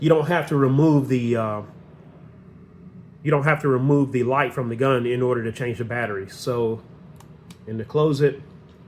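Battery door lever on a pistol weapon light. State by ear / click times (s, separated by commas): not seated / none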